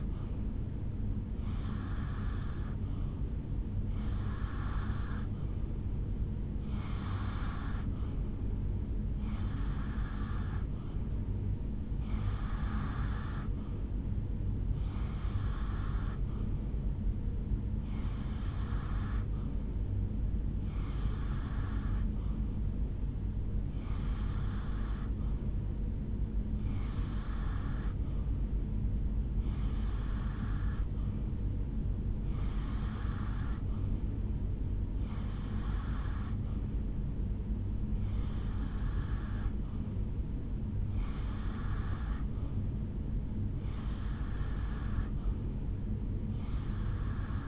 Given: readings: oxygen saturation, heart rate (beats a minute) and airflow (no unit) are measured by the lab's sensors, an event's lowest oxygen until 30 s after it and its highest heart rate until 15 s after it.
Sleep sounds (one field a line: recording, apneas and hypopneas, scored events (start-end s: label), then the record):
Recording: breathing in sleep by a smartphone at the bedside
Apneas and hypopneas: none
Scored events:
none scored
From the record:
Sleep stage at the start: N2 (light sleep)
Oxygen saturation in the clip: 88 to 90%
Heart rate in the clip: 71 to 76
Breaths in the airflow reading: 17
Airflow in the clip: -4.0 to 2.7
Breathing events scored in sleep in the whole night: 449 in 7.0 hours asleep